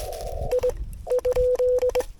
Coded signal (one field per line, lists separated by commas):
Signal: Morse code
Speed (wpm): 21 wpm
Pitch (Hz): 500 Hz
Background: radio noise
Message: I ?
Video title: ダイポールより飛ぶ？13m長ロングワイヤー / FTX-1F QRP 5Watts / 13m Long Wire Wins?! Dipole vs Long Wire / Morse Code